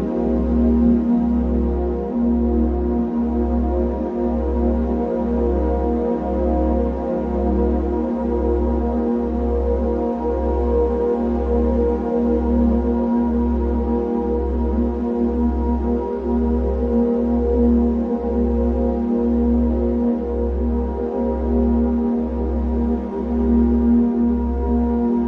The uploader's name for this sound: Binaural Beat Meditation Music